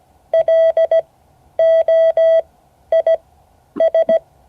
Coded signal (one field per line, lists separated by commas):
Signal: Morse code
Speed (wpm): 17 wpm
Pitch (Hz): 3250 Hz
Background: none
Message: LOIS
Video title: Morse code class 2024-08-08 (9 of 12)